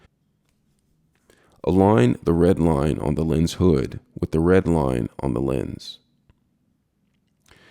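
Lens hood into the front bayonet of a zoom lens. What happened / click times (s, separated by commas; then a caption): The lens hood is only handled; no seating click / none. A plastic lens hood for a Sony FE 24-105mm F4 G OSS zoom lens is handled, and its red line is lined up with the red line on the lens before it goes into the lens's front bayonet. Someone talks over faint, soft handling ticks. Nothing has seated or clicked yet.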